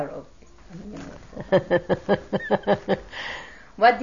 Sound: laughs

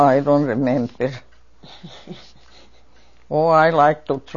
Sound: laughs

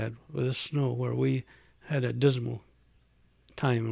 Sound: none

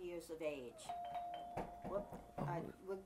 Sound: doorbell rings

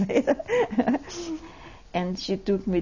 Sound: she laughs

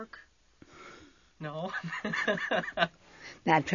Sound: he laughs

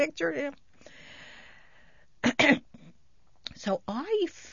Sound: she clears her throat

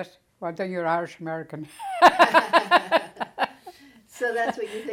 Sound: laughs

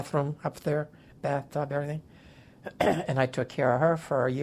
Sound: clears throat

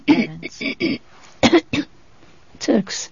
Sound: she coughs

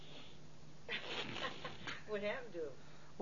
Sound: laughs

